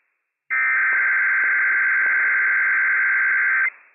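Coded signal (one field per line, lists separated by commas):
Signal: Emergency Alert System (SAME) tones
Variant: header bursts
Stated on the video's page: Live Required Weekly Test broadcast by the Spokane County Sheriff's Office to counties across Idaho, Montana and Washington.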